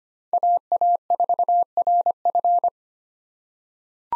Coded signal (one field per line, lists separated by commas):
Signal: Morse code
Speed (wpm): 25 wpm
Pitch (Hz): 700 Hz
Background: none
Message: AA4RF